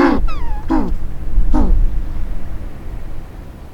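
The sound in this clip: Penguin calls: three short harmonic squawks with downward-sliding overtones, each under half a second, over a steady low rumble.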